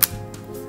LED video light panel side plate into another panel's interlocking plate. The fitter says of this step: and it's just a matter of taking and sliding together until you hear it snap